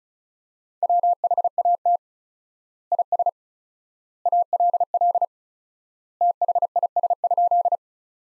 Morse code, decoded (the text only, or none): WHAT IS ALL THIS?